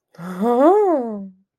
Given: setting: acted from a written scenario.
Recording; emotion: vocal sound without words; ecstasy